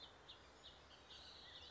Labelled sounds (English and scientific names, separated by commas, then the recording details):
Bullock's Oriole (Icterus bullockii)
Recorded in Sonoma County, California